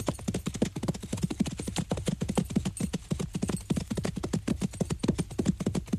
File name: muchos caballos